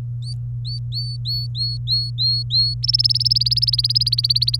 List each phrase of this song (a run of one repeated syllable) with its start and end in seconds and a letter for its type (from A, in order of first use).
0.22-0.33 A, 0.65-2.74 A, 2.83-4.57 B